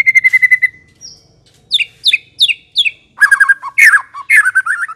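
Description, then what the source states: White-rumped shama song with a quick trill, several sharp downslurred whistles and a varied warbling finish. Long-duration lure (pikat) used to attract the birds.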